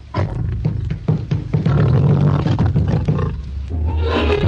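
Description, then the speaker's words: Gorilla roaring, a deep rumbling growl with rough pulsed bursts lasting about four seconds. Zoo gorilla in Detroit, recorded 1959; when threatened it rises to full height, snarls, beats its chest with clenched fists, then roars in defence. "When threatened, the gorilla will rise to full height, snarl and beat his chest with clenched fists, following with a roar."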